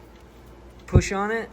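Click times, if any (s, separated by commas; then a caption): none. A new plastic throttle flapper lever for a Polaris Matryx snowmobile is pushed with a screwdriver into the throttle housing on the handlebar throttle block. A brief muffled burst around 0.9–1.0 s is followed by someone talking. The flapper is in place, but nothing has clicked or seated yet.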